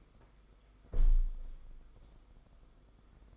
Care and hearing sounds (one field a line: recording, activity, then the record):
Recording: daily activity, microphone in the room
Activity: close window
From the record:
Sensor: 5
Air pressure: 990.5 hPa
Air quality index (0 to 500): 165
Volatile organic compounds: 310 ppm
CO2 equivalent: 4503 ppm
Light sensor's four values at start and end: 17/40/16/18 and 17/40/16/18